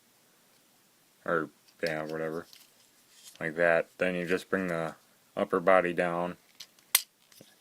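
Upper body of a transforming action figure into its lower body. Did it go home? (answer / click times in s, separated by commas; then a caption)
yes / 6.9 s. Someone talks while folding the plastic upper body of a Transformers Generations Thrilling 30/IDW Deluxe Orion Pax action figure down onto its lower body during a transformation. A few faint clicks lead up to one loud, sharp snap at 7.0 s as the upper body seats into place.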